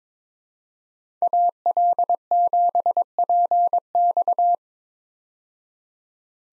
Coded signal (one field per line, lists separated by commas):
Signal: Morse code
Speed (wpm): 22 wpm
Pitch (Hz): 700 Hz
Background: none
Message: AL7PX